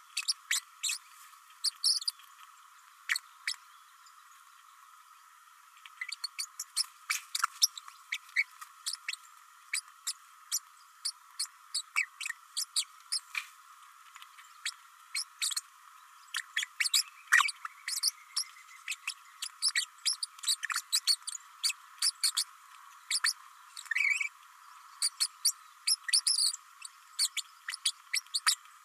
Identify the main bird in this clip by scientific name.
Forpus passerinus